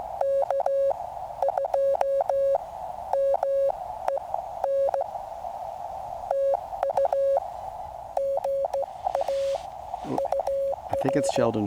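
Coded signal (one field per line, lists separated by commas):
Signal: Morse code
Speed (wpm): 16 wpm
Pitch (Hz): 550 Hz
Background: speech, radio noise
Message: K2MEN TU GA UR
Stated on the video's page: CW POTA/SOTA activation on Cheaha Mountain, Alabama, 100% portable QRP, with a storm rolling in and a lightning-delay break.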